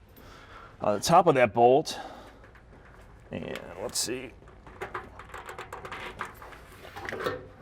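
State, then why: Seated. Someone talks while fitting a metal locking E-clip retainer over the top of a header bolt on the exhaust header of a 1970s Chevy truck, so the bolt cannot back out. Light metallic taps and fiddling are heard, then the clip snaps into place with a sharp click at 7.1 s and is seated.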